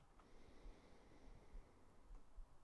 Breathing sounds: one breath near a microphone; inhalation

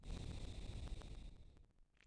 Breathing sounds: one breath near a microphone; exhalation

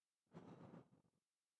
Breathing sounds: one breath near a microphone; exhalation

